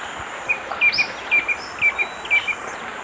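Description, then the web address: Stripe-chested Antwren song, short paired downslurred whistled notes repeated about twice a second against steady insect buzzing. Ecuador. "Natures Songs S America Birds of Ecuador Stripe-chested Antwren"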